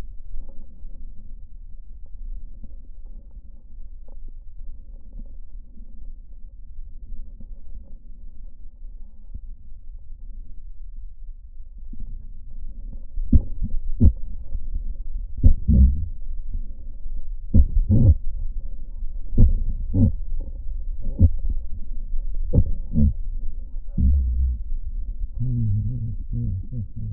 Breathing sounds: lung sounds by stethoscope; left posterior apical chest; quiet breathing, then cough and speech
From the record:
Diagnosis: pulmonary infection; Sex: male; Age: 69 years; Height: 184 cm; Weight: 115 kg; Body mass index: 34.0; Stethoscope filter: diaphragm mode

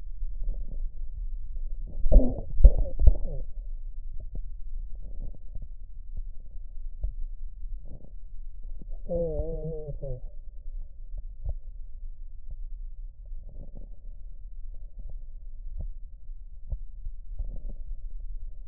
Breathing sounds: lung sounds by stethoscope; right posterior basal chest; quiet breathing, then cough and speech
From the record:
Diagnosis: COPD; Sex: male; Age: 65 years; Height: 162 cm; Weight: 67.8 kg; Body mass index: 25.8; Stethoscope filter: extended mode

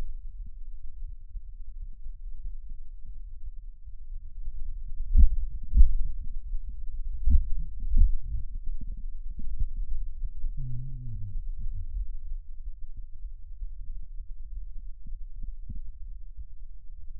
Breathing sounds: lung sounds by stethoscope; left anterior apical chest; quiet breathing, then cough and speech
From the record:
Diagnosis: COPD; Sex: male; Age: 70 years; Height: 174 cm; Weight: 94 kg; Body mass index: 31.0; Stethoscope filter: bell mode

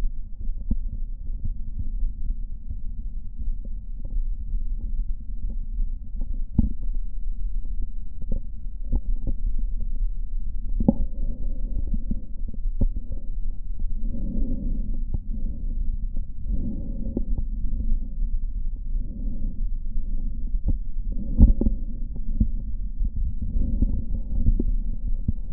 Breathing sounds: lung sounds by stethoscope; right posterior apical chest; quiet breathing, then deep breathing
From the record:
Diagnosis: none (healthy); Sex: male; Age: 29 years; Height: 180 cm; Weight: 100 kg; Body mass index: 30.9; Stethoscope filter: diaphragm mode

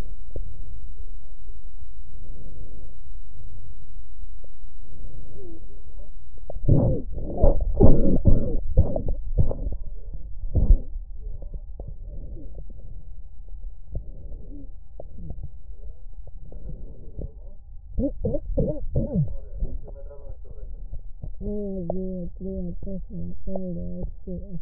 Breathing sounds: lung sounds by stethoscope; left posterior basal chest; quiet breathing, then cough and speech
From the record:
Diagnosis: asthma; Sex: female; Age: 56 years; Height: 161 cm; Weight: 85 kg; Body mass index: 32.8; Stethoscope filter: extended mode

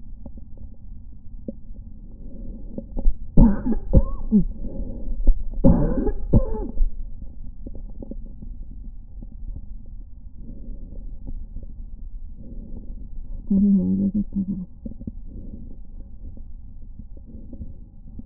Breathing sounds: lung sounds by stethoscope; right anterior apical chest; quiet breathing, then cough and speech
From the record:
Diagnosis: interstitial lung disease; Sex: female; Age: 53 years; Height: 168 cm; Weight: 108 kg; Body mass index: 38.3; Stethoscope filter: diaphragm mode

